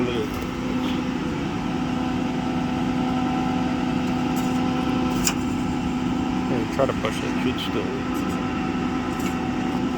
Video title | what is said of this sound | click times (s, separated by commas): Stair Ramp Stainless Rod Latch | Nope, not latching. | none